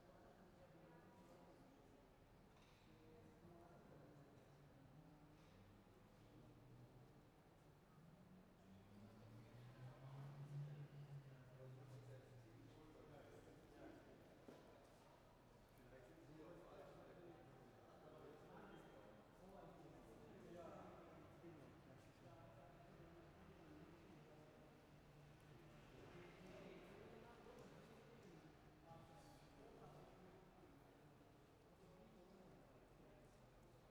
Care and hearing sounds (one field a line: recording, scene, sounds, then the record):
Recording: everyday scene through a hearing-aid microphone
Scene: reverberant space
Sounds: background noise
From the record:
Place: railway station hall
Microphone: behind the ear, right, front